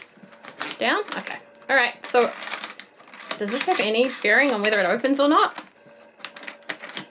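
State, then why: Released. Someone talks while working at the small lever on the plastic clasp of a toy backpack-bedroom playset case, with light clicks and taps after several failed tries. At 6.7 s the lever is pulled down until it clicks, and the case releases open.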